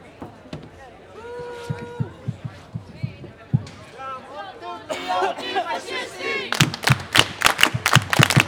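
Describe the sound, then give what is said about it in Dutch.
During an antifascist walk commemorating the February Strike on 25 February 2026, thumps and crowd chatter build into a burst of shouting all together, then many people clap together in sharp, loud, unison beats at a steady rhythm. “We doen allemaal tegelijk schreeuwen en dan allemaal tegelijk klappen.”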